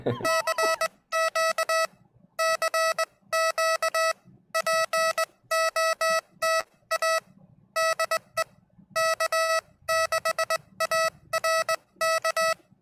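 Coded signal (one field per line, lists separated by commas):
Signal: Morse code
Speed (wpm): 19 wpm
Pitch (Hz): 650 Hz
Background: none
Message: CQ CQ POTA DE K6ARK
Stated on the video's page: Livestreamed CW practice between amateur operators, one still learning Morse.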